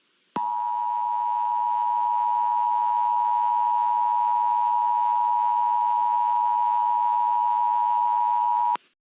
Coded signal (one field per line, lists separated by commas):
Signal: Emergency Alert System (SAME) tones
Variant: 853 and 960 Hz attention tone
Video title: EAS SCENARIO #5 - The Great Florida Tsunami